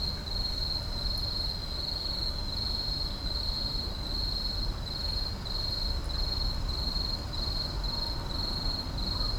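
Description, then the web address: Insects give a high trill broken into regular pulses, over a continuous low hum. Night insects in an urban park. "boom library Urban and Suburban Urban park night insects"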